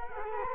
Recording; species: mosquito wingbeat signal from an infrared sensor; Culex quinquefasciatus